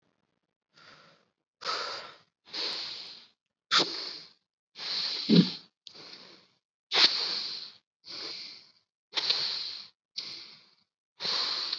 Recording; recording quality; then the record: deep breathing; excellent, no background noise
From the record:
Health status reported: COVID-19 positive, mild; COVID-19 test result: positive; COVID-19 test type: rapid antigen test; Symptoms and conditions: fever, fatigue, muscle pain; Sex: male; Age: 18 years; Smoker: no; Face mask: worn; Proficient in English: yes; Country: India